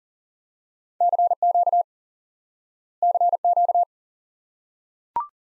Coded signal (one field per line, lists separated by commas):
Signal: Morse code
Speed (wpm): 37 wpm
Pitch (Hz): 700 Hz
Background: none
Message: CQ CQ